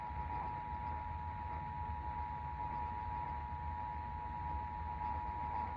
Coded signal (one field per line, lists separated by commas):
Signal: Emergency Alert System (SAME) tones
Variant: 853 and 960 Hz attention tone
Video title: Tornado Warning on WBAP AM | EAS #138